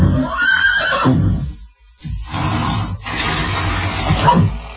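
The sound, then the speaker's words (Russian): A horse neighs loudly in shaky, wavering bursts, breaking off briefly before whinnying again at length with a trembling, descending pitch. No one speaks. “Так как возражений у лошади не было, Томми предложил Пеппи руку и повел ее к столу.”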